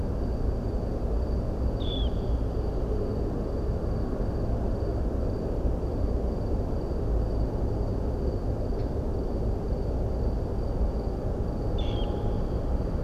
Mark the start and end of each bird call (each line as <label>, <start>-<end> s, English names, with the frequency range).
Dunlin (2.6-4.3 kHz), 1.80-2.07 s
Dunlin (1.9-6.8 kHz), 11.78-12.05 s